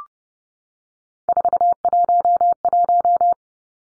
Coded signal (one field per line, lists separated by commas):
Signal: Morse code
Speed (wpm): 30 wpm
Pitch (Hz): 700 Hz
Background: none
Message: 411